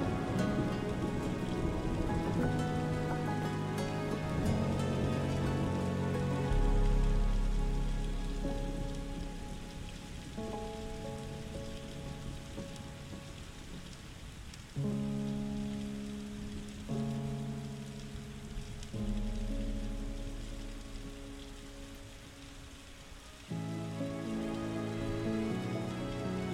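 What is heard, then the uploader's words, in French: Soft, steady rain hisses throughout beneath a calm, slow music of sustained low and middle chords that change every few seconds. Les sons apaisants d'un orage et d'une pluie douce, accompagnés d'une musique sereine.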